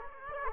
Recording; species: mosquito wingbeat signal from an infrared sensor; Aedes aegypti